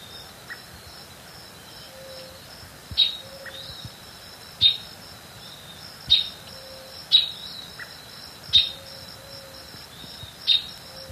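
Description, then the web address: Pale-legged hornero calls: sharp, clipped notes repeated every one to two seconds over a steady high insect drone. Female calling, recorded in the eastern lowlands of South America. "Natures Songs S America Eastern Lowlands. Furnarius leucopus, call female"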